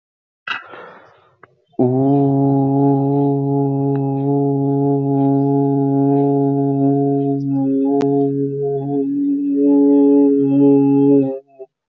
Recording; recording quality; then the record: sustained vowel as in boot; excellent, no background noise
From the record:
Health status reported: healthy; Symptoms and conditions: none ticked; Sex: male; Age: 25 years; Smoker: not ticked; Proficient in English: yes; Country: India